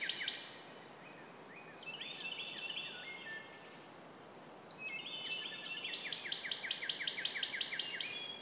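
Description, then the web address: Bird chirps in fast high series, trilling and twittering, with a rapid repeated chirp run in the last seconds over steady hiss. "hlworld birdchirps"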